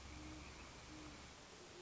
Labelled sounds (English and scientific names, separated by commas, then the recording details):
Great Horned Owl (Bubo virginianus)
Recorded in Sonoma County, California